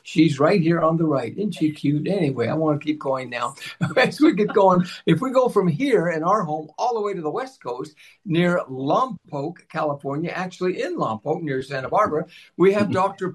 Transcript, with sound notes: she's right here on the right. Isn't she cute? Anyway, I want to keep going now.
(laughs) As we get going, if we go from here in our home all the way to the West Coast near Lompoc, California, actually in Lompoc near Santa Barbara, we have Dr.